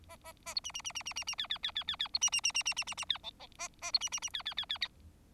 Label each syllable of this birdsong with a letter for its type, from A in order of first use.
A A A B C C C C C C C D D D D D D B C C C C C C C C D E E A A B C C C D D D D